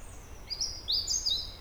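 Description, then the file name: European robin song: a short, very high, thin phrase of a few sliding notes over a quiet background. "Erithacus rubecula"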